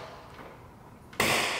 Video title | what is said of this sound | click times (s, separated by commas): 1955 CHEVROLET BEL AIR | hear a pop go ahead and lift that up and you | 1.2 s